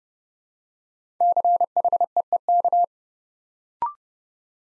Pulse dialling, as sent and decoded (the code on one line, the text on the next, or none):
none